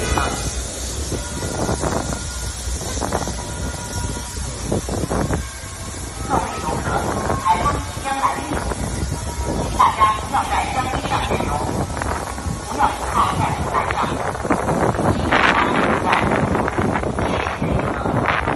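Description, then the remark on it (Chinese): A street loudspeaker on the roadside of the Bund in Shanghai broadcasts a warning that Typhoon In-fa is about to make landfall, its amplified voice blurred and hard to make out beneath steady, blustery wind noise buffeting the microphone throughout. “先带你们感受一下行走在外滩路边听到的预警信息是什么样子的。”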